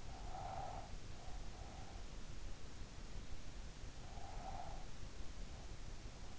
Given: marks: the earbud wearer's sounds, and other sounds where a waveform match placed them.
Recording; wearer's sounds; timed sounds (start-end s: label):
sounds in sleep by an in-ear microphone; breath
0.04-2.13 s: breath
4.07-5.64 s: breath